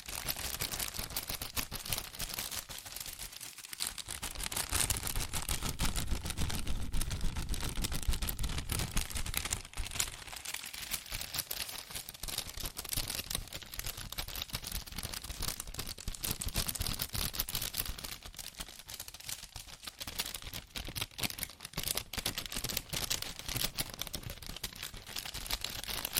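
Fast tapping, scratching and tracing on cardboard and paper runs without a break for the whole stretch, a dense patter of crisp, bright clicks and dry scrapes. The texture stays busy and even, with brief lighter dips just before 4 seconds and around 19 seconds.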